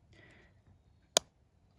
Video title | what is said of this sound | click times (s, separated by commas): How To- Dirt Hole Set for Coyotes and Bobcats | ease that trap down that pan till you hear you click | 1.2 s